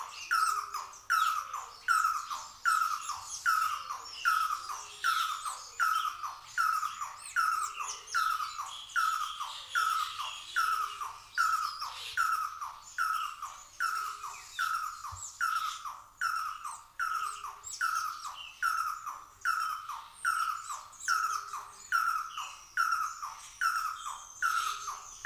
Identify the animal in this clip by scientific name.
Trachyphonus erythrocephalus